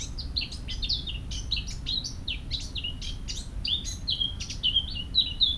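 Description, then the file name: Eurasian blackcap singing a continuous varied warble, scratchy chatter giving way to loud, clear fluting whistles near the end, over faint low rumble. "Sylvia atricapilla"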